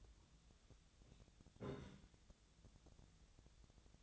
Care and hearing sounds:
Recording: daily activity, microphone in the room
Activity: take from stove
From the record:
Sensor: 3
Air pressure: 1009.9 hPa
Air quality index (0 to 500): 188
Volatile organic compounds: 14 ppm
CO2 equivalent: 2445 ppm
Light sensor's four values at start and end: 42/104/45/48 and 42/104/45/48

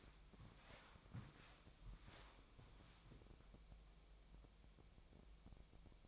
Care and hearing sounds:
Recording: daily activity, microphone in the room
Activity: walk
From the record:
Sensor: 1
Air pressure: 1000.5 hPa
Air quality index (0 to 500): 168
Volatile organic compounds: 4 ppm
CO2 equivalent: 1562 ppm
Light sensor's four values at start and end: 15/36/15/17 and 14/35/15/17

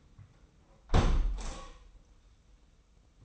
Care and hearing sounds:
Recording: daily activity, microphone in the room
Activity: close window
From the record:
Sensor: 1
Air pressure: 990.4 hPa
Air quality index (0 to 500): 169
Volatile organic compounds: 1000 ppm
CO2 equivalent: 6171 ppm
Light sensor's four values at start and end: 21/48/21/22 and 21/47/20/22

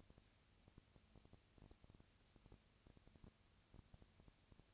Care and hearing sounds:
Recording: daily activity, microphone in the room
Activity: no activity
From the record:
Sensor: 2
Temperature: 20.1 degrees Celsius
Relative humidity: 35.5%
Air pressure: 996.8 hPa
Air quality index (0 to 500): 197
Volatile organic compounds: 30 ppm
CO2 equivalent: 2953 ppm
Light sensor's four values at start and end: 2/3/2/2 and 2/3/2/2

